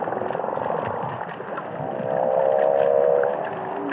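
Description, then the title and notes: Humpback whale song, a long harmonic moaning tone held steady then swelling louder midway, over a constant crackling underwater hiss. Underwater humpback whales singing and calling in the Indian Ocean. "Whale Song is a collection of underwater recordings of humpback whales singing and calling in the Indian Ocean."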